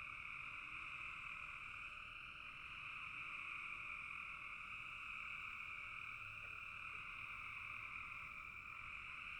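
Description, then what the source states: Frog chorus of countless overlapping calls, steady and droning, with a faint short tick about two-thirds through. Frogs in a bog.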